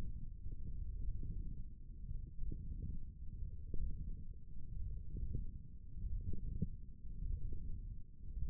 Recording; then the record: forearm muscle sounds (acoustic myography)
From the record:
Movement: wrist flexion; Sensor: system 1, eight BSWA MPA416 microphones around the upper forearm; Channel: 1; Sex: male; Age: 21 years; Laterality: right